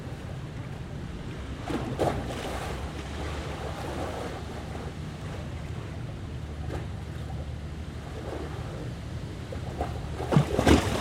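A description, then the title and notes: River water slaps and splashes against stone steps over a steady low throb of passing boat engines. The hum holds constant beneath irregular splashes, with brighter crashes near two seconds and a louder burst of breaking water around ten to eleven seconds. The low throb of almost constant boat and ship traffic on the Thames in central London creates a relaxing background low-end drone to sit benath the highly active sounds of waves splashing and crashing against a set of stone steps leading down the river. Recorded by Cities and Memory.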